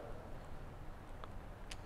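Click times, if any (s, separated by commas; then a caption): 1.2 s, 1.7 s. After the clamp bolt is tightened on the load-bearing folding handlebar stem of a Magnum Metro e-bike, the quick-release stem lever is closed. Two sharp clicks at 1.2 s and 1.7 s over a steady low background hum show the folding stem latch clicking shut and seating as engaged.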